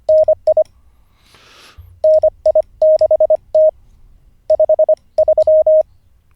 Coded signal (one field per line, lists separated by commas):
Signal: Morse code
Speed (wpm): 25 wpm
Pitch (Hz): 620 Hz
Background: none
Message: NI NI6T 53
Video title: N0SSC Learns Morse Code (Day 47)